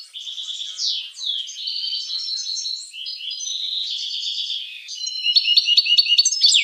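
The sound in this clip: Finch song, a rapid run of high twittering notes, trills and sweeping slurs, ending in a louder burst of sharp clicking notes.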